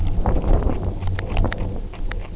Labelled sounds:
none
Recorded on Arctic tundra, site UTQI-0, on 29 June 2018
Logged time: 08:00

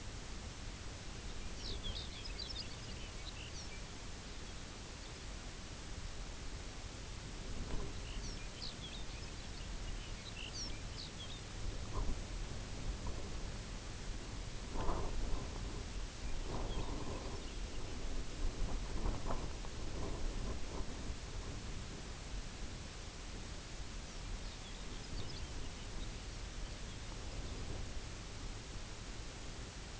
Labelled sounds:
Lapland Longspur
unidentified sound
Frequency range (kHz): Lapland Longspur 1.8-6.7 kHz
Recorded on Arctic tundra, site UTQI-0, on 17 June 2019
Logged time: 22:00

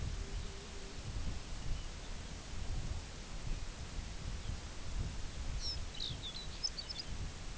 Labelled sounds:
Pectoral Sandpiper
unidentified sound
Lapland Longspur
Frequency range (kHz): Lapland Longspur 1.9-7.2 kHz
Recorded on Arctic tundra, site UTQI-2, on 17 June 2019
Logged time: 14:00

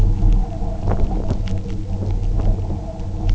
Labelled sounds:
none
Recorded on Arctic tundra, site UTQI-0, on 27 June 2018
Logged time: 10:00

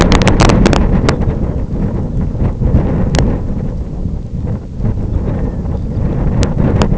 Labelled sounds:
Lapland Longspur
Red-throated Loon
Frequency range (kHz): Lapland Longspur 2.5-5.3 kHz; Red-throated Loon 0.8-2.5 kHz
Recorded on Arctic tundra, site IGLO-F, on 26 June 2018
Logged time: 08:00

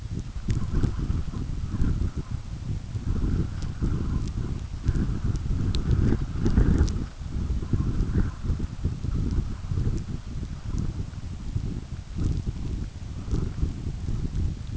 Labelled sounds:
none
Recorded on Arctic tundra, site UTQI-5, on 29 June 2018
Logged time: 16:00

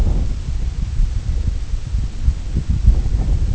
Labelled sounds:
none
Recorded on Arctic tundra, site IGLO-D, on 25 June 2018
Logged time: 02:00

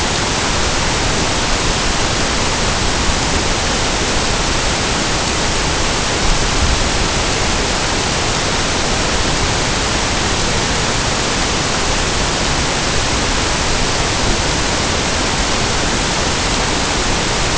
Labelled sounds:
none
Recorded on Arctic tundra, site NAIT-1, on 23 June 2018
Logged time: 19:00

